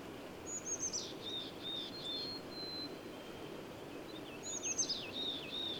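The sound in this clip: Bird singing repeated high, sliding whistled phrases with quick trills, one at the start and another after a pause, against constant hissing background noise.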